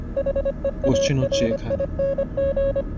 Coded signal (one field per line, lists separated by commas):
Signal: Morse code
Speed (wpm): 25 wpm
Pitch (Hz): 550 Hz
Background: speech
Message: HEARING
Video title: MORSE CODE | FROM THE OTHER SIDE | DETECTIVES OF SUPERNATURAL